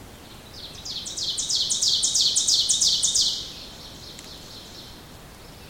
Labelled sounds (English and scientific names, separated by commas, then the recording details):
Ovenbird (Seiurus aurocapilla) song
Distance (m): 15 m
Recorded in boreal forest in Alberta, Canada, on 2 June 2016 at 06:19
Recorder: SongMeter 3, array SBT-3-7
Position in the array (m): -2 m, 87 m
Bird 7